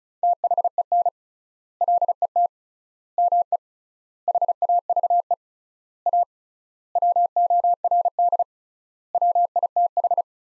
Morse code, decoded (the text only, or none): THEN LET ME HAVE A WORD WITH